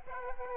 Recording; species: mosquito wingbeat signal from an infrared sensor; Aedes aegypti